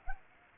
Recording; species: mosquito wingbeat signal from an infrared sensor; Culex pipiens